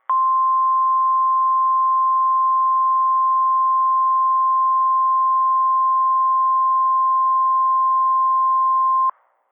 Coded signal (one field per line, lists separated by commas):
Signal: Emergency Alert System (SAME) tones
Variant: 1050 Hz attention tone